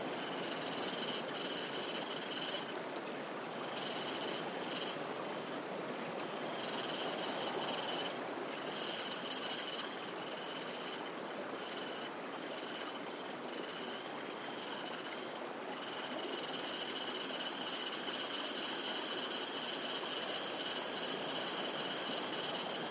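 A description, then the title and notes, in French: Cicadas shrill in a dense, steady high buzz, with repeated brief dropouts around 3, 6, 8, 11 and 15 seconds. Beneath them a river's rushing wash fills the low and middle range. Gusts of wind swell and ease, and the whole scene grows louder after about 16 seconds. Cigales sur le Bokor - Cambodge. Parc National du Bokor - Cambodge. Le soleil est à son zénith, au bord d'un petit ruisseau à mille mètres d'altitude. J'ai choisi cet endroit pour le mélange subtile entre le vent qui souffle en rafales, la rivière qui s'écoule et la présence de cigales.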